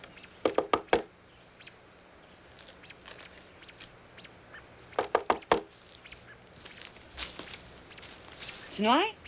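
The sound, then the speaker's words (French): Two quick bursts of sharp knocking on a door, each a rapid run of four or five raps, separated by a few seconds of quiet hiss, with a brief rising vocal sound at the end. “Ouais, ouvre ma porte.”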